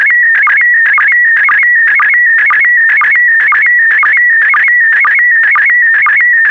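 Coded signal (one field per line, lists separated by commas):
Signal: SSTV (slow-scan television)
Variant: PD120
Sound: warbling electronic tone with a rhythmic low chirp about twice per second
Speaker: the next image transmission will start in 10 seconds five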